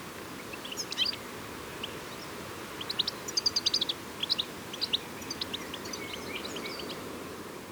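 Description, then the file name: European goldfinch calls, bright twittering chirps in short bursts with liquid tinkling notes, over a steady low background hum. "Carduelis carduelis"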